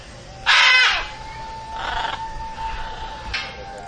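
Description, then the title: Military macaw giving one loud, harsh squawk, followed by fainter rasping calls, with a steady tone running underneath. Green macaw (guacamaya verde) at Tecomovaca. "Nuestra Huella_Tecomovaca Guacamaya Verde"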